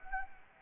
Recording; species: mosquito wingbeat signal from an infrared sensor; Anopheles gambiae